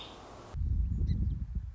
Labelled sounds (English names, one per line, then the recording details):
Song Sparrow
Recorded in Sonoma County, California